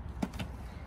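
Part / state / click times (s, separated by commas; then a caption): fold lock arm into its catch on a folded stroller frame / seated / 0.4 s. On a folded Valco Baby Snap Duo Trend double stroller in Night Black Tailormade Fabric, the storage fold lock arm does not catch by itself because the frame is about an inch bigger, so it is pushed over by hand into its catch. A short knock sounds at 0.2 s, followed by a sharp click at 0.4 s as the arm latches.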